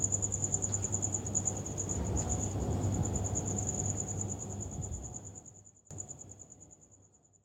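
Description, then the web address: Cricket giving a rapid high pulsed chirp that continues steadily, with a low rumbling background that fades near the end and a brief click. "muhammad 384. Crickets"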